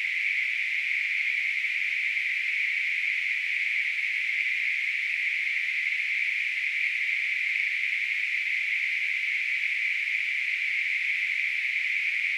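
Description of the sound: Simulated tinnitus: a steady, unbroken hiss of narrow-band noise centred near 2 kHz, holding constant in pitch and loudness throughout, with nothing in the low frequencies.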